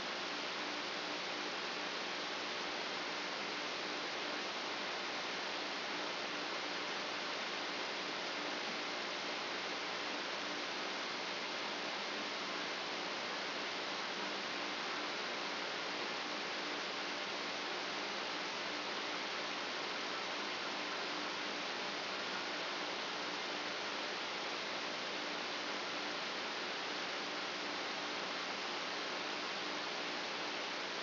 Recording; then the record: brain microelectrode recording played as sound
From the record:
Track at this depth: outside the subthalamic nucleus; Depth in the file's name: 8.428 mm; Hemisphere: left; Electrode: 2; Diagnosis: Parkinson's disease